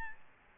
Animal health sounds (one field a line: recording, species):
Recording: mosquito wingbeat signal from an infrared sensor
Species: Aedes albopictus